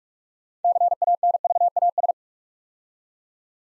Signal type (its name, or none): Morse code